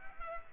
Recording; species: mosquito wingbeat signal from an infrared sensor; Culex pipiens